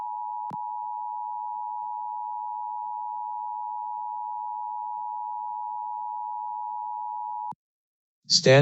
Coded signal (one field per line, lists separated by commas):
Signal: Emergency Alert System (SAME) tones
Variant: 853 and 960 Hz attention tone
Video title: LIVE AM/MW DX: DX Central Live - S. 3, Ep. 3 | Friday October 7, 2022 | MWFC: 670-702 kHz